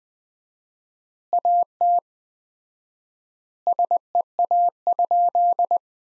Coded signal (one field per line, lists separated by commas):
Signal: Morse code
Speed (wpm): 20 wpm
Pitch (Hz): 700 Hz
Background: none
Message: AT SEA?